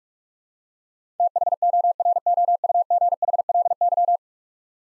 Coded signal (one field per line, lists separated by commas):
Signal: Morse code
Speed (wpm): 45 wpm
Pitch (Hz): 700 Hz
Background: none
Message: THOROUGHLY